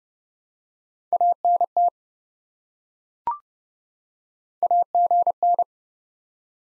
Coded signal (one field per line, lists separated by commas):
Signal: Morse code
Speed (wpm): 30 wpm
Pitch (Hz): 700 Hz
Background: none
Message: ANT AGN